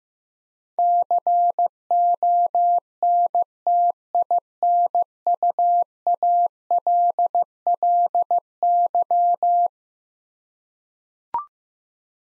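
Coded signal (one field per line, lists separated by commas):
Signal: Morse code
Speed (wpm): 15 wpm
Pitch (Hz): 700 Hz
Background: none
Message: CONTINUALLY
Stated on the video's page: Morse practice drill of eleven-letter words at 15 wpm for head-copy, each word sent twice.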